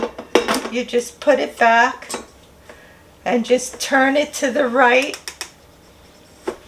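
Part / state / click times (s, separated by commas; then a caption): mixing bowl into stand mixer base / seated / 6.5 s. Someone talks while a stainless mixing bowl is set back on a Hauswirt M5 stand mixer base and turned to the right. At 6.5 s a short click is heard as the bowl twist-locks into place, seated firmly and sturdy.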